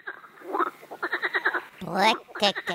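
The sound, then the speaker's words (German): A frog croaks in quick, rhythmic bursts of rasping pulses, followed by a louder, sweeping call and a few more short croaks at a moderate level. “Quacks, quacks, quacks.”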